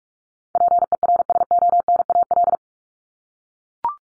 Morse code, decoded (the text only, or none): PERSONAL